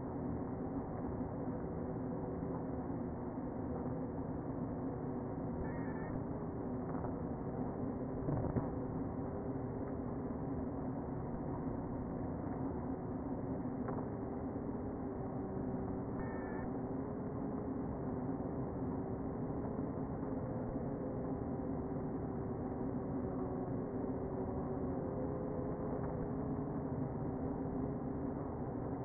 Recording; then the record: honeybee colony, microphone inside the hive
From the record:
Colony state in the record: queen present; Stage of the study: before two queens were removed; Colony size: about 60,000 bees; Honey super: yes